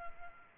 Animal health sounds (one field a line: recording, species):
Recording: mosquito wingbeat signal from an infrared sensor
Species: Culex pipiens